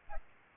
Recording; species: mosquito wingbeat signal from an infrared sensor; Aedes albopictus